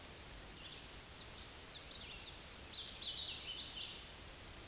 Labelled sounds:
Hooded Warbler song
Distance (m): 35 m
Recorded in a Pennsylvania forest on 18 May 2023 at 10:59
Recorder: AudioMoth, point grid1_34_low
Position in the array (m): 231 m, 142 m

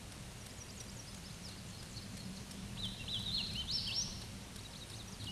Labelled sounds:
Hooded Warbler song
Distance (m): 15 m
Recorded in a Pennsylvania forest on 18 May 2023 at 13:56
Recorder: AudioMoth, point grid1_35_low
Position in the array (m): 154 m, 158 m

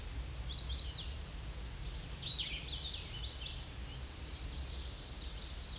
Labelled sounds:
Hooded Warbler song
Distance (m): 35 m
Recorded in a Pennsylvania forest on 18 May 2023 at 10:15
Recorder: AudioMoth, point grid1_17_low
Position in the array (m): 229 m, 139 m

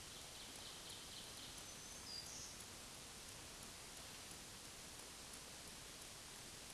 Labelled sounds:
Black-throated Green Warbler song
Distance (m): 45 m
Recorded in a Pennsylvania forest on 1 June 2023 at 08:50
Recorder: AudioMoth, point grid3_32_high
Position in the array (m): 131 m, 106 m

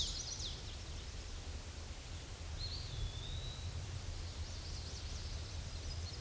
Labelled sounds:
Eastern Wood-Pewee song
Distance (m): 25 m
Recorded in a Pennsylvania forest on 18 May 2023 at 06:18
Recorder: AudioMoth, point grid1_19_low
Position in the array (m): 74 m, 199 m

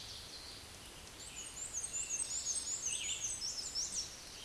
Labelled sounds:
Black-and-white Warbler song
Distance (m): 25 m
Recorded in a Pennsylvania forest on 18 May 2023 at 12:36
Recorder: AudioMoth, point grid1_29_low
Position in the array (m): 38 m, 72 m

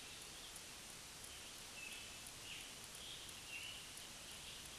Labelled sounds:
Scarlet Tanager song
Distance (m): 65 m
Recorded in a Pennsylvania forest on 1 June 2023 at 05:54
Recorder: AudioMoth, point grid3_27_high
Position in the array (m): 131 m, 5 m

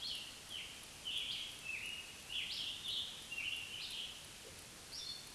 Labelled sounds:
Scarlet Tanager song
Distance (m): 40 m
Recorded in a Pennsylvania forest on 1 June 2023 at 05:54
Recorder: AudioMoth, point grid3_26_high
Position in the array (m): 131 m, 6 m

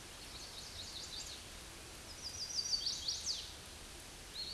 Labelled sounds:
Chestnut-sided Warbler song
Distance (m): 35 m
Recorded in a Pennsylvania forest on 18 May 2023 at 06:21
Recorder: AudioMoth, point grid1_41_low
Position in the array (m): 120 m, 209 m

